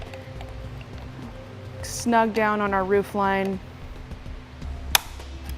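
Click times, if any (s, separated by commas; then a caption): 5.0 s. The included torque-limiting tool tightens the passenger-side tower clamp bolt of a Yakima RidgeLine roof rack for flush rails on a 2018 Hyundai Ioniq while someone talks. At 4.9 seconds the tool gives one sharp, loud click, which shows the bolt is tight at its torque setting.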